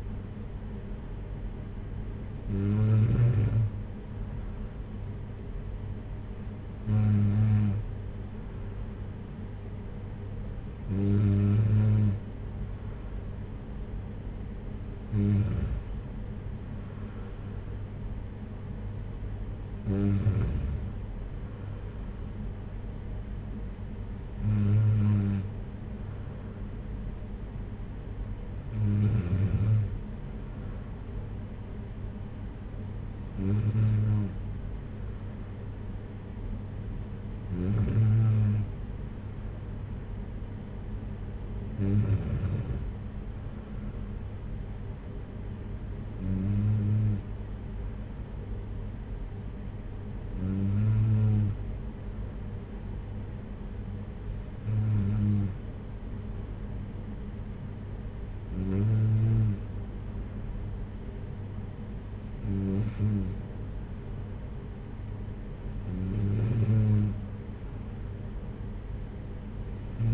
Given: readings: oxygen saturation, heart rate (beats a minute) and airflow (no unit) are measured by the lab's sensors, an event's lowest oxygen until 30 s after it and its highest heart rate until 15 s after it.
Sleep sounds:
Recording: breathing in sleep by a smartphone at the bedside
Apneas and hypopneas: none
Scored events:
none scored
From the record:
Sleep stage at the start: N2 (light sleep)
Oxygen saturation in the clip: 94 to 95%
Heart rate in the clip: 54 to 61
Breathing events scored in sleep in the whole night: 226 in 8.8 hours asleep

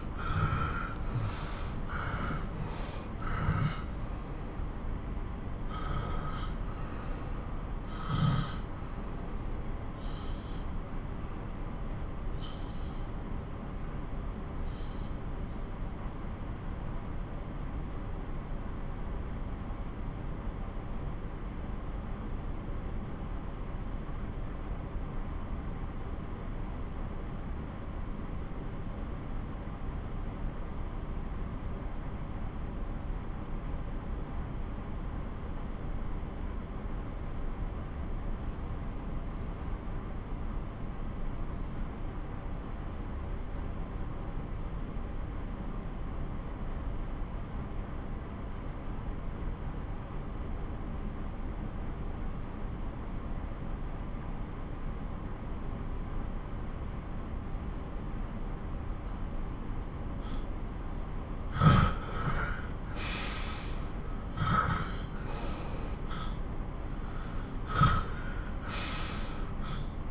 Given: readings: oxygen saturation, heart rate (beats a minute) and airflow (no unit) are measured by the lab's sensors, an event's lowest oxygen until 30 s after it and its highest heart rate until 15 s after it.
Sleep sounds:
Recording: breathing in sleep by a smartphone at the bedside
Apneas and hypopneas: 1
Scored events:
7.00-61.10 s: obstructive apnea (N1, oxygen 96% highest, then 83% lowest)
32.00-62.00 s: new sleep stage, N2 (light sleep)
62.00-70.11 s: new sleep stage, N1 (lightest sleep)
From the record:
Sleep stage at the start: N1 (lightest sleep)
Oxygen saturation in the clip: 82 to 96%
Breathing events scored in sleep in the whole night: 217 in 6.3 hours asleep

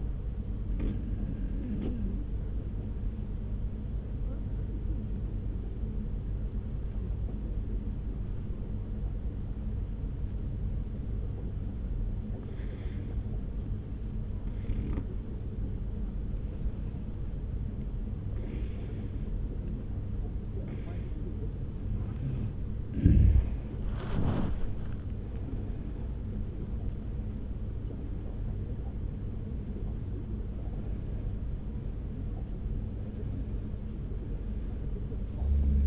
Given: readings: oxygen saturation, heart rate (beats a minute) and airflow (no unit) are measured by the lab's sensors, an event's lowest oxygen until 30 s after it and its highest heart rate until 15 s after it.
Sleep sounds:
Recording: breathing in sleep by a smartphone at the bedside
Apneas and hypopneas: 1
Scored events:
4.00-23.50 s: hypopnea (N2, oxygen 95% highest, then 91% lowest)
21.00-35.87 s: new sleep stage, N1 (lightest sleep)
From the record:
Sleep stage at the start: N2 (light sleep)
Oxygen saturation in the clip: 91 to 95%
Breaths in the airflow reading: 10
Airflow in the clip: -2.1 to 2.9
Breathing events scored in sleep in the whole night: 335 in 6.7 hours asleep

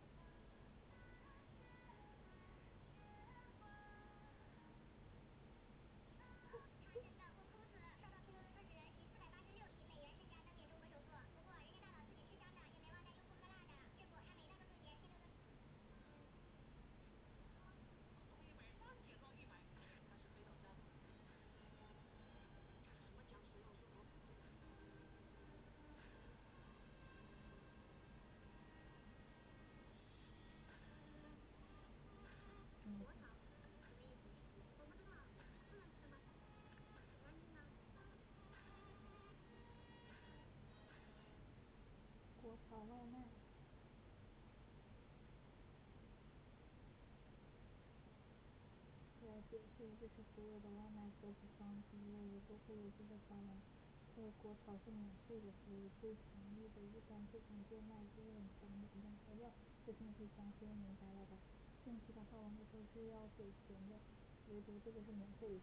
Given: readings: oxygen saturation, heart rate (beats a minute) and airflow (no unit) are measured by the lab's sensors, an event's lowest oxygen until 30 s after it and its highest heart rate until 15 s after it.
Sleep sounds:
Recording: a person awake in a sleep study, by a voice recorder at the bedside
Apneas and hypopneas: none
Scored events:
0.00-65.63 s: awake
0.00-65.63 s: awake
From the record:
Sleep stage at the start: awake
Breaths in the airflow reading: 25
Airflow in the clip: -0.7 to 0.8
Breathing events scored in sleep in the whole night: 496 in 5.4 hours asleep

